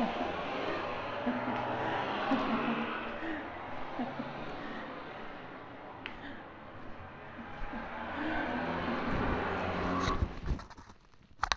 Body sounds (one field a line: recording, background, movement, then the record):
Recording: laughter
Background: traffic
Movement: walking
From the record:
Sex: female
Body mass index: 25.5 kg/m2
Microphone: on the chest, facing outward